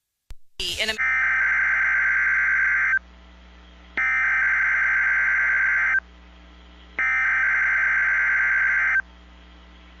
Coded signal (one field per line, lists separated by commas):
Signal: Emergency Alert System (SAME) tones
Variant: header bursts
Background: speech